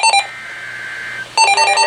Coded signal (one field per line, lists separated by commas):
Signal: Emergency Alert System (SAME) tones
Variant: header bursts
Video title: Looking windy / EAS Alerts of 7-6-26 to 7-10-2026 // EAS 361- 374